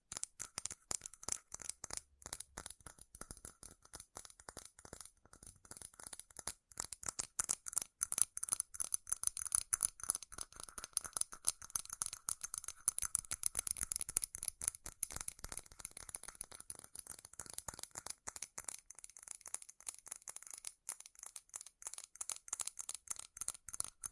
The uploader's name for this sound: FAST & FURIOUS TAPPING Metal Sounds